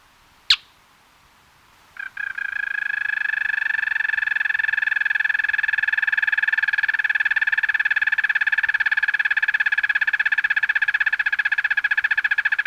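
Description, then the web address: Ash-colored tapaculo song: after a sharp introductory note, a long, even, fast churring trill holding a steady mid pitch for about ten seconds. Ecuador. "S America Birds of Ecuador 2. Ash-Colored Tapaculo"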